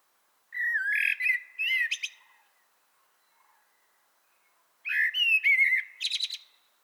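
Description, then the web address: Common blackbird giving two fluted, warbling song phrases with squeaky high endings, with a pause of roughly two and a half seconds between them. "pub SETE data Turdus merula"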